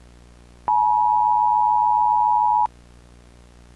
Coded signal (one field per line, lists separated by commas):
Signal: Emergency Alert System (SAME) tones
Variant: 853 and 960 Hz attention tone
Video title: Eas Scenario 3 (Much More Improved)